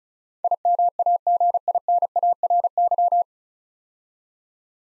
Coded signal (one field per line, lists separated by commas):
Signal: Morse code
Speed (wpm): 36 wpm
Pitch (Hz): 700 Hz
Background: none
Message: IMAGINARY